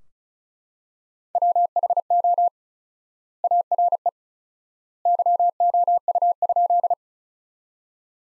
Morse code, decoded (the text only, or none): WHO ARE YOU?